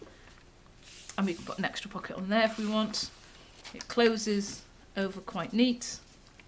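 A handmade paper envelope folder with a magnetic clasp on its flap is being handled as the flap is closed over. Someone talks throughout, with faint handling sounds. The flap has not yet clipped shut; nothing has seated or clicked yet.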